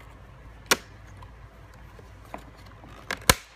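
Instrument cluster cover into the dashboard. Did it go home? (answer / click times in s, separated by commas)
yes / 0.7 s, 3.3 s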